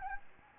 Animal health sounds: mosquito wingbeat signal from an infrared sensor; Anopheles gambiae

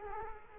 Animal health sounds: mosquito wingbeat signal from an infrared sensor; Culex quinquefasciatus

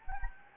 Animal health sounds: mosquito wingbeat signal from an infrared sensor; Anopheles gambiae

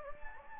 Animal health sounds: mosquito wingbeat signal from an infrared sensor; Anopheles gambiae

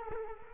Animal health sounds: mosquito wingbeat signal from an infrared sensor; Culex quinquefasciatus

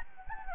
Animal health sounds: mosquito wingbeat signal from an infrared sensor; Anopheles gambiae

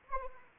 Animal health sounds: mosquito wingbeat signal from an infrared sensor; Anopheles arabiensis

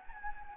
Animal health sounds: mosquito wingbeat signal from an infrared sensor; Anopheles gambiae

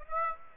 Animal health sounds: mosquito wingbeat signal from an infrared sensor; Aedes aegypti

